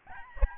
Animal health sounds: mosquito wingbeat signal from an infrared sensor; Aedes albopictus

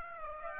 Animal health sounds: mosquito wingbeat signal from an infrared sensor; Aedes aegypti

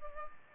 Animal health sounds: mosquito wingbeat signal from an infrared sensor; Culex pipiens

